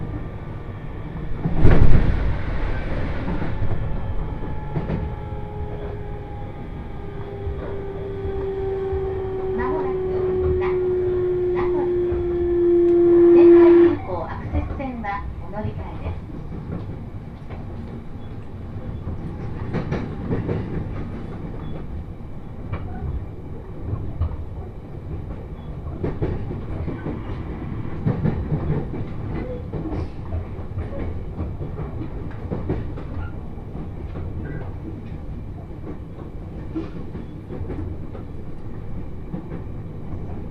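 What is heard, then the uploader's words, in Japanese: A Joban Line train rumbles steadily, with a thud near two seconds, a slowly falling tone until fourteen seconds, then quieter running with occasional clacks. 鉄道旅 常磐線 仙台→浜吉田。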